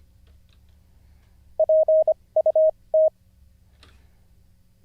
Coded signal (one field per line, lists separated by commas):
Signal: Morse code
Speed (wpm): 25 wpm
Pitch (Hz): 630 Hz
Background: none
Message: PUT